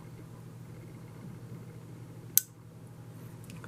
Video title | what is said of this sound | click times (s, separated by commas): Olamic Cutlery Busker Review | hear that it closes with that nice click it's | 2.4 s